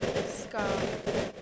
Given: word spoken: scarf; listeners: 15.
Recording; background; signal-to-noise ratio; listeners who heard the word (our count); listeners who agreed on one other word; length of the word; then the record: one English word in noise, from a listening test; noise modulated by three-talker babble; -7.5 dB; 4 of 15; 11 of 15; 1.02 s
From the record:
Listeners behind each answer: 11, 4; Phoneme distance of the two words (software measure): 7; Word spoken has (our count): 1 syllable, 4 phonemes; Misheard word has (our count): 1 syllable, 3 phonemes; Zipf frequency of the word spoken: 3.76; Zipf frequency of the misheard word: 3.60